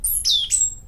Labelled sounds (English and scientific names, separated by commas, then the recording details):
Stitchbird (Notiomystis cincta) song
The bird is a male
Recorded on Tiritiri Matangi Island, New Zealand, in 2005
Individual 22, of nest box 31